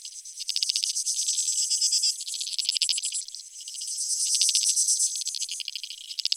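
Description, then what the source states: Insect chorus of high, fast-pulsing trills from several callers, the intensity surging and easing repeatedly across the stretch. Creek insects; field recordings made in 2011 in Australia or Portugal for a collaborative soundwork, some recordings left unaltered and others processed.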